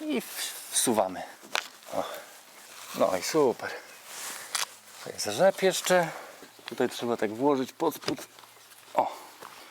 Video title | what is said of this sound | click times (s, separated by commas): Nieporadnik: Jak zdjąć Hard Top i założyć Soft Top we Wranglerze | zaskoczyło i | 9.0 s